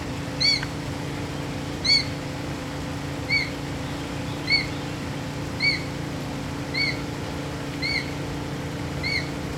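Ornate Hawk-Eagle calling, a series of about eight short, clear whistled notes over a steady low hum.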